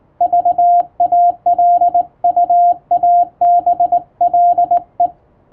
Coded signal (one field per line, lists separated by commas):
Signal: Morse code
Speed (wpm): 21 wpm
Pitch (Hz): 700 Hz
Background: radio noise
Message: VALUABLE